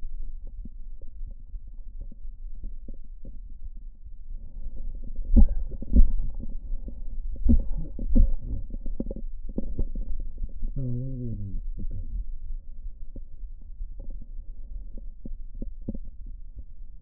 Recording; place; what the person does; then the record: lung sounds by stethoscope; left anterior apical chest; quiet breathing, then cough and speech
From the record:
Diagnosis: COPD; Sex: male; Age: 70 years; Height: 174 cm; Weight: 94 kg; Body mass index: 31.0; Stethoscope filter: diaphragm mode